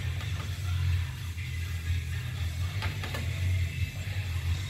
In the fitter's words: you hear that click? That was telling us it's at 150.